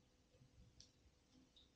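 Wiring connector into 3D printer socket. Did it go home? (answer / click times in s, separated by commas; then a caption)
no / none. A plastic wiring connector is handled at its socket while an Artillery Hornet 3D printer is being assembled, with faint ticking handling noise and one brief sharp tick around 0.8 s. Nothing has seated or clicked yet; the connector is not yet home.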